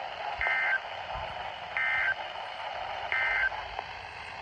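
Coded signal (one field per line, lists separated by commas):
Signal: Emergency Alert System (SAME) tones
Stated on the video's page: Required Weekly Tests received from weather radio transmitters, including KHB38.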